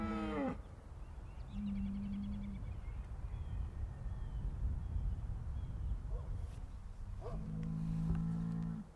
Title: Harmony in Hooves: Decoding the Rhythms of Cow Conversations